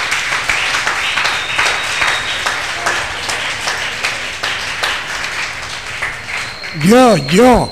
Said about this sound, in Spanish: Desen un aplauso a los que son fiel a la iglesia cristiana.